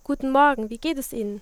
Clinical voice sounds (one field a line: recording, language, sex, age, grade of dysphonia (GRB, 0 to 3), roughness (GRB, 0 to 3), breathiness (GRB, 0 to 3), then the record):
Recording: spoken sentence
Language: German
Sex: female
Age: 20 to 29 years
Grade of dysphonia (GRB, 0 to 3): 0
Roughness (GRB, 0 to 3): 0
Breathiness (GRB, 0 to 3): 0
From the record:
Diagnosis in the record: healthy voice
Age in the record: 20 years